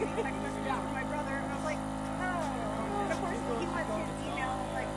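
A tire is being re-beaded on the trail, with a ratchet strap holding the tire while a compressor inflates it to push the rubber bead onto the metal wheel rim. A steady, motor-like drone runs throughout while someone talks. Nothing has seated or popped onto the rim yet.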